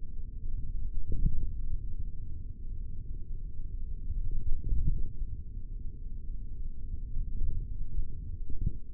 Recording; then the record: forearm muscle sounds (acoustic myography)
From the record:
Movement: index flexion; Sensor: system 3, bracelet of six PUI Audio POM-2738L microphones around the upper forearm, with dedicated amplification and filtering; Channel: 4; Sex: male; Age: 43 years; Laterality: right